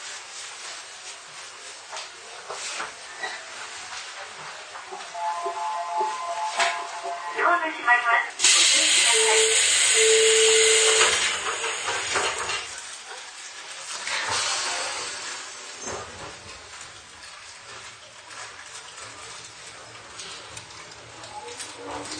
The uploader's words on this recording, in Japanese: 伊豆箱根鉄道3000系(鋼製車) 修善寺〜三島。車体は20ｍ級3扉車。